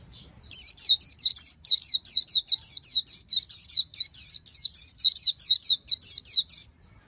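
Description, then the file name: White-eye singing a continuous six-second string of sharp, high slurred notes, evenly spaced around three per second, against a silent background. Song style called 'líu' in Vietnamese. "tieng khuyen liu"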